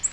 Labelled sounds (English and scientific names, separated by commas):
Nashville Warbler (Leiothlypis ruficapilla) flight call